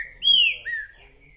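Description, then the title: Green-winged saltator whistles: a strong, high slurred note falling away, followed by a lower slurred whistle that fades out. Repetitive singer delivering one song after another; recording meant to stir a listener's trinca-ferro into calling, singing and display. "TRINCA FERRO MERCENARIO"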